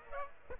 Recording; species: mosquito wingbeat signal from an infrared sensor; Aedes aegypti